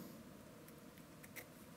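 A wiring harness connector is lined up with the repeater light socket of a 2001-2007 Volvo V70 before being pushed home. Only light handling noise is heard, with a few faint ticks near 0.7, 1.0 and 1.2 seconds. Nothing has seated or clicked yet.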